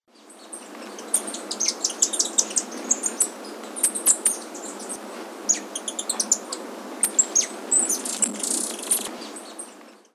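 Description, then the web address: Buff-tailed coronet calls: a busy stream of very high, thin chips and short twittering notes, some in quick bursts, over a steady soft hiss. Recorded in Ecuador. "Birds of Ecuador. Buff-tailed Coronet"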